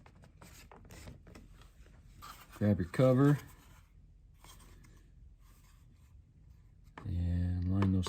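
A plastic mirror cover is picked up and its tabs are lined up with a side mirror on a 2012–2018 Ford fitted with an LED turn signal marker light. Light handling taps and rubbing are heard while someone talks. The cover is not pressed home yet, and nothing has seated or clicked.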